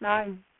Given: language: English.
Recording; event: throat vibration sensor signal played as sound; speech